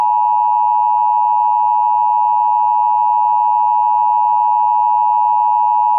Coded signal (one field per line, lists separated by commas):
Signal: Emergency Alert System (SAME) tones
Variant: 853 and 960 Hz attention tone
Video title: severe thunderstorm warning for northeastern florida: [EAS #1] 03/16/26